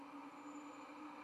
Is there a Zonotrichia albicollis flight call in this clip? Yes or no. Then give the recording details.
no. No flight call is heard. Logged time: 00:41 on 11 November 2014